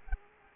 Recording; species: mosquito wingbeat signal from an infrared sensor; Aedes aegypti